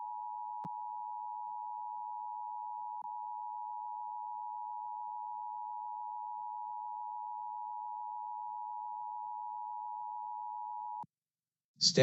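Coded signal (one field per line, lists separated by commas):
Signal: Emergency Alert System (SAME) tones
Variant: 853 and 960 Hz attention tone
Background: speech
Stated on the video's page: Heard during live AM/mediumwave DXing around 1290–1302 kHz, received on SDRs (Perseus, Elad FDM-S3, Flex 6400) with KAZ, Superloop and loop antennas and phasers.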